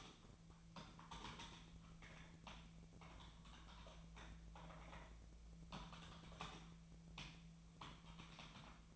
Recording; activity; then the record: daily activity, microphone in the room; typing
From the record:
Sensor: 1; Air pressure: 1000.2 hPa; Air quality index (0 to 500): 141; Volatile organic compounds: 3 ppm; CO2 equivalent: 1329 ppm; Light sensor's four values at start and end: 29/73/31/37 and 29/73/31/37